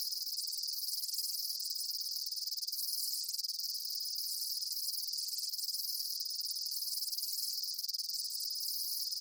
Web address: Blastwave INSECTS Amb Day Insects. ambience insects chirps day bugs